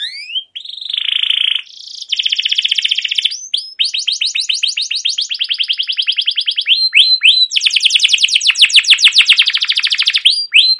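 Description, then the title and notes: Canary song opening with a buzzy note, then rolling rapid trills and repeated sharp downslurred chirps, high and continuous. Long continuous chirping canary song, used as a lure to prompt young canaries to sing and learn. "CUIT CUIT NGEROL LANGSUNG GACOR PANJANG Kenari Ini Utk Pancingan KENARI PAUD BELAJAR BUNYI. burung kenari"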